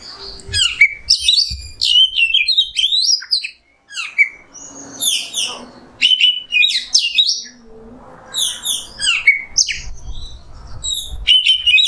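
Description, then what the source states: Oriental magpie-robin song, dense and varied, with sharp downslurred whistles, trills and chips in rapid succession. Kacer singing in the nembak style; masteran tutor song for training songbirds.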